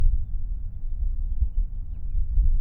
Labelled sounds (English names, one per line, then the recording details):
House Finch song
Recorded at Neponsit on Long Island, New York, on 4 June 1975
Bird A